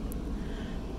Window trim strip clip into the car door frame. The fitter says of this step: a little bent but it still goes there it goes pop pop